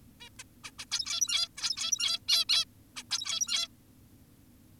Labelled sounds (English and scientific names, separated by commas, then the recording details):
Zebra Finch (Taeniopygia guttata)
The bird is an adult
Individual g17y2U